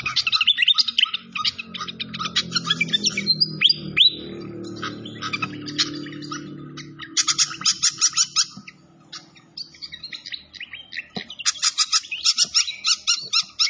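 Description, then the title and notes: Malaysian pied fantail song: rapid bursts of bright chirping notes in several bouts, over a steady low rushing sound in the first half. Masteran (training recording) with clear-voiced song mixed with the sound of trickling water. "Masteran Sikatan Kipas Suara Jernih Dan Suara Gemericik Air. Suara Burung Sikatan Londo"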